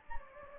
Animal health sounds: mosquito wingbeat signal from an infrared sensor; Anopheles gambiae

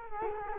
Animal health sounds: mosquito wingbeat signal from an infrared sensor; Culex quinquefasciatus

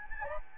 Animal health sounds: mosquito wingbeat signal from an infrared sensor; Anopheles gambiae

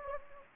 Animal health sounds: mosquito wingbeat signal from an infrared sensor; Anopheles gambiae

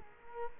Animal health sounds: mosquito wingbeat signal from an infrared sensor; Culex quinquefasciatus

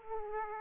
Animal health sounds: mosquito wingbeat signal from an infrared sensor; Aedes aegypti

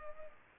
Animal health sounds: mosquito wingbeat signal from an infrared sensor; Culex pipiens

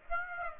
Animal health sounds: mosquito wingbeat signal from an infrared sensor; Aedes aegypti

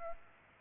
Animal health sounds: mosquito wingbeat signal from an infrared sensor; Aedes aegypti

